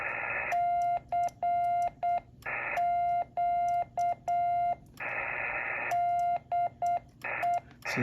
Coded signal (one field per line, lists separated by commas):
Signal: Morse code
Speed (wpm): 8 wpm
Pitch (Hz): 700 Hz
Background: radio noise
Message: CQ DE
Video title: Don’t sell your radio! Let’s get you on the air!!!